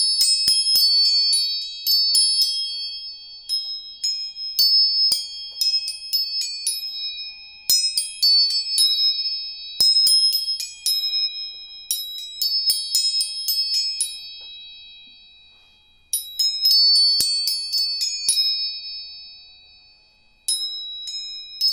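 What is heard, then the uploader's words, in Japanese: Tuning forks are struck again and again, each hit giving a bright, high, pure ringing that hangs and slowly fades. Strikes come in quick clusters, with quieter stretches of lingering tone between them, and there are no low sounds underneath. 音叉チューニング。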